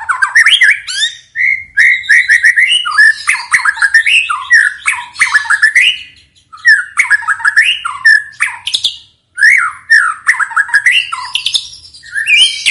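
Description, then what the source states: White-rumped shama in continuous vigorous song, melodious whistled phrases rising and falling, interwoven with rapid scratchy and buzzy notes, hardly pausing. Vigorously singing ('gacor') bird; lure sound meant to provoke a response from other birds.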